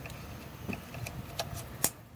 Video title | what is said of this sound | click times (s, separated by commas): Converting a 2006 (2005 - 2009) Ford Mustang GT to E85 (Ethanol) | Hear that click? Well, you know it's seated. | 1.8 s